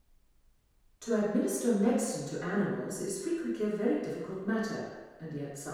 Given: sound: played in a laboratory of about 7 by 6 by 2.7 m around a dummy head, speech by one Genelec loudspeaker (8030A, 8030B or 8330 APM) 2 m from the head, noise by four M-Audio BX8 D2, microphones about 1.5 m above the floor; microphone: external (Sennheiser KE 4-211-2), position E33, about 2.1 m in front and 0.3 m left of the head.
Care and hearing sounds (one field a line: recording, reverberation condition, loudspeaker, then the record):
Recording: female speech in English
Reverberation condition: high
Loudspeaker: 90 degrees to the left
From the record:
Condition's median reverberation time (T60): about 1300 ms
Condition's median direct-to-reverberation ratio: about -4.0 dB